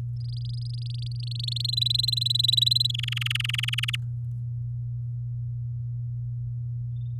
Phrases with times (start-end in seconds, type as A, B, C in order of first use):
0.17-1.71 A, 1.73-2.91 B, 2.94-3.96 C